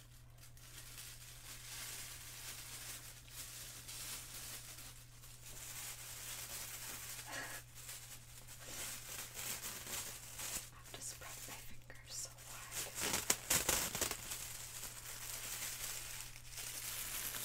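Crinkly rubbing and snapping of gloves, steady and dense, with sharper crackling bursts near thirteen seconds over a constant low hum.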